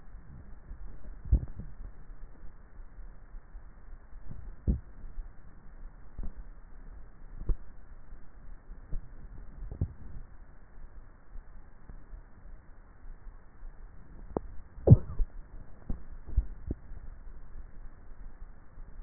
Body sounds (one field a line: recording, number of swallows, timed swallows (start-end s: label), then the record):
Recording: swallowing sounds by neck microphone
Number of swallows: 4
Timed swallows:
0.95-1.82 s: swallow
4.35-5.18 s: swallow
9.45-10.28 s: swallow
16.38-17.05 s: swallow
From the record:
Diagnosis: dysphagia